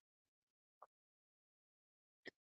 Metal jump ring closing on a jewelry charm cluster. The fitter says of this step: and you'll hear that little click when your jump ring is closed and secure so you have like a little flower cluster